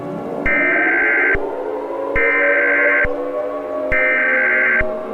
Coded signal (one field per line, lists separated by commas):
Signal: Emergency Alert System (SAME) tones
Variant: header bursts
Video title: EAS Scenario #3.3 - Wonder of U